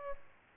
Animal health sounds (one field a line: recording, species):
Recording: mosquito wingbeat signal from an infrared sensor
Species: Aedes albopictus